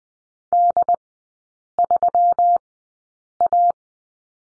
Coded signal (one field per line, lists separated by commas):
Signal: Morse code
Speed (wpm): 20 wpm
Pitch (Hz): 700 Hz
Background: none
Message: D3A